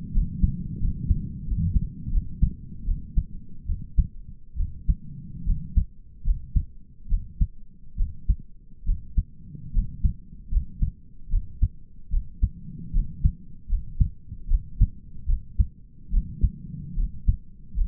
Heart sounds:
heart sounds by stethoscope; 75 bpm
0.15 s: heartbeat
0.82 s: heartbeat
1.47 s: heartbeat
2.13 s: heartbeat
2.87 s: heartbeat
3.68 s: heartbeat
4.58 s: heartbeat
5.47 s: heartbeat
6.26 s: heartbeat
7.11 s: heartbeat
7.99 s: heartbeat
8.87 s: heartbeat
9.75 s: heartbeat
10.52 s: heartbeat
11.32 s: heartbeat
12.12 s: heartbeat
12.94 s: heartbeat
13.70 s: heartbeat
14.49 s: heartbeat
15.28 s: heartbeat
16.12 s: heartbeat
16.97 s: heartbeat
17.77 s: heartbeat
From the record:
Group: healthy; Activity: rest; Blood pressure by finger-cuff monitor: 116/62 mmHg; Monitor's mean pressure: 78 mmHg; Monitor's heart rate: 75 bpm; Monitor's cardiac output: 7.9 L/min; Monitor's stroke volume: 107 mL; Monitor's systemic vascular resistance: 730 dyn s/cm5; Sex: male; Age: 22 years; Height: 181 cm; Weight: 79 kg

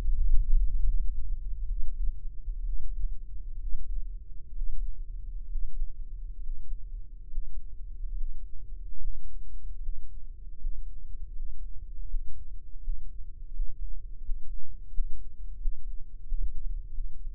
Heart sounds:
heart sounds by microphone in the right ear; 75 bpm
0.10 s: heartbeat
0.83 s: heartbeat
1.66 s: heartbeat
2.63 s: heartbeat
3.57 s: heartbeat
4.52 s: heartbeat
5.45 s: heartbeat
6.36 s: heartbeat
7.25 s: heartbeat
8.10 s: heartbeat
8.94 s: heartbeat
9.75 s: heartbeat
10.53 s: heartbeat
11.29 s: heartbeat
12.03 s: heartbeat
12.77 s: heartbeat
13.49 s: heartbeat
14.19 s: heartbeat
14.88 s: heartbeat
15.55 s: heartbeat
16.22 s: heartbeat
16.88 s: heartbeat
From the record:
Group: healthy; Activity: breath hold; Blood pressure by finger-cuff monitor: 92/62 mmHg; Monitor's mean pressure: 77 mmHg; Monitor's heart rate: 74 bpm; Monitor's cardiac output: 7.2 L/min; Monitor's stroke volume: 100 mL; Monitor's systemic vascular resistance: 760 dyn s/cm5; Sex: male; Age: 23 years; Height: 178 cm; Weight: 96.6 kg

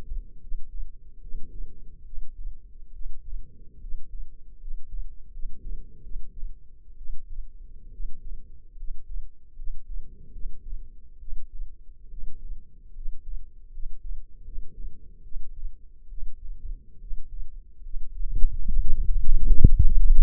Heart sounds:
heart sounds by microphone in the left ear; 72 bpm
0.39 s: heartbeat
1.20 s: heartbeat
2.04 s: heartbeat
2.92 s: heartbeat
3.79 s: heartbeat
4.59 s: heartbeat
5.31 s: heartbeat
6.02 s: heartbeat
6.96 s: heartbeat
7.91 s: heartbeat
8.76 s: heartbeat
9.55 s: heartbeat
10.31 s: heartbeat
11.19 s: heartbeat
12.09 s: heartbeat
12.93 s: heartbeat
13.71 s: heartbeat
14.43 s: heartbeat
15.22 s: heartbeat
16.08 s: heartbeat
16.99 s: heartbeat
17.82 s: heartbeat
18.66 s: heartbeat
19.46 s: heartbeat
From the record:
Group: healthy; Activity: rest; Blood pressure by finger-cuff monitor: 106/70 mmHg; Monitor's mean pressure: 81 mmHg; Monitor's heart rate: 71 bpm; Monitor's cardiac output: 5.5 L/min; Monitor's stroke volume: 77 mL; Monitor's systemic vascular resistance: 1060 dyn s/cm5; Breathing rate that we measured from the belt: 14 breaths a minute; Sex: male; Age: 21 years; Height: 170 cm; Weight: 71 kg

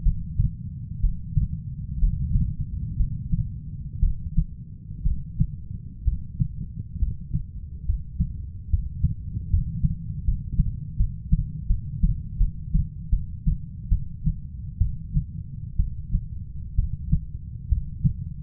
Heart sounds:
heart sounds by stethoscope; 68 bpm
0.02 s: heartbeat
1.00 s: heartbeat
1.98 s: heartbeat
2.96 s: heartbeat
4.00 s: heartbeat
5.03 s: heartbeat
6.04 s: heartbeat
6.99 s: heartbeat
7.85 s: heartbeat
8.70 s: heartbeat
9.50 s: heartbeat
10.24 s: heartbeat
10.97 s: heartbeat
11.67 s: heartbeat
12.37 s: heartbeat
13.10 s: heartbeat
13.89 s: heartbeat
14.78 s: heartbeat
15.76 s: heartbeat
16.75 s: heartbeat
17.69 s: heartbeat
From the record:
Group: healthy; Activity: breath hold 0-2 s, rest 2-18 s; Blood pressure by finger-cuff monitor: 132/64 mmHg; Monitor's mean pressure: 82 mmHg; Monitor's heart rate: 62 bpm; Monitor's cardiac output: 6 L/min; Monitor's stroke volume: 96 mL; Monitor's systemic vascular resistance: 980 dyn s/cm5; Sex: female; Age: 37 years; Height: 168 cm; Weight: 70 kg

